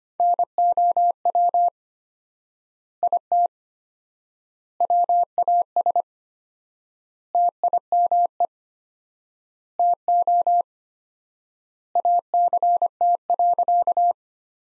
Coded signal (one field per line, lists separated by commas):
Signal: Morse code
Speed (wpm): 25 wpm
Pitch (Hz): 700 Hz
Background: none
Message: NOW IT WAS TIME TO ACT.